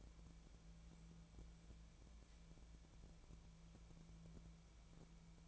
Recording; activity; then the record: daily activity, microphone in the room; wipe stove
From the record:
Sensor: 1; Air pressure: 1000.6 hPa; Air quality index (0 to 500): 186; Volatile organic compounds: 5 ppm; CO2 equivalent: 1721 ppm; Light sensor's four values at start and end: 12/27/11/13 and 11/27/11/13